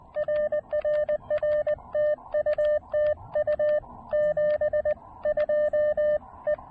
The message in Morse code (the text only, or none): RRR TU TU 72 E